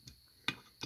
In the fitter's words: there's a click there's